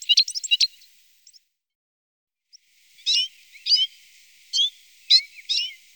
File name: citril finch